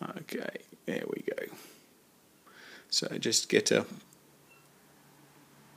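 A crimped wire terminal is picked up and lined up with a plastic connector housing before being pushed in. Someone talks, with a quiet pause in between. Nothing has seated or clicked yet.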